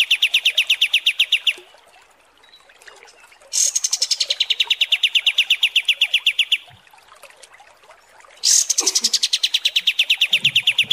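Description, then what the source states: Kapas tembak song: three long bursts of rapid, evenly spaced staccato chips, with soft background noise between. Masteran training recording of kapas tembak song.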